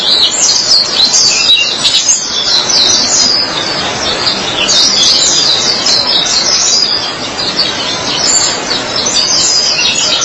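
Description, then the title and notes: White-eye twittering song: high jumbled chirps in long runs over a low background hiss. "Suara kicauan burung pleci"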